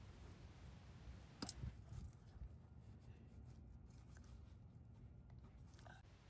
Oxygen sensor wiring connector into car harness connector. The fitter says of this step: Make sure you hear it click in or feel it click in.